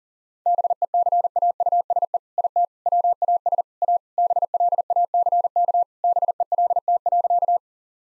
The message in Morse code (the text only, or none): BECAUSE IT WAS A BLACK BELT.